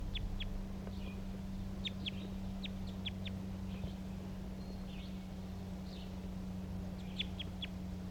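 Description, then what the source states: Crossbill calls, crisp high chips in small clusters, repeated irregularly, over a constant low hum. A single wild bird, the same individual recorded earlier, calling near a net.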